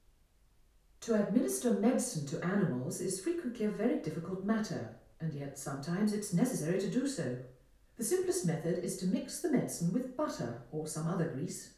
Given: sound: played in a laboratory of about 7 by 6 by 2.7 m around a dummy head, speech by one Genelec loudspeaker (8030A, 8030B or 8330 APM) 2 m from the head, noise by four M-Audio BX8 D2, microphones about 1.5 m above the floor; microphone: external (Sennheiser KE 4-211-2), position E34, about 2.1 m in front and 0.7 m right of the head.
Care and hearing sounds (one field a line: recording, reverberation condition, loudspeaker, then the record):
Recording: female speech in English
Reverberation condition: medium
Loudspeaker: 150 degrees to the right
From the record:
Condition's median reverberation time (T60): about 510 ms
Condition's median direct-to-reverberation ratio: about -0.5 dB